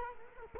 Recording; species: mosquito wingbeat signal from an infrared sensor; Culex quinquefasciatus